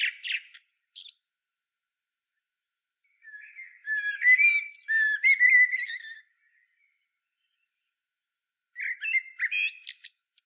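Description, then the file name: Common blackbird song: a short squeaky burst, then a mellow fluted warble with a high twittering ending, and another phrase after a pause. "Turdus merula"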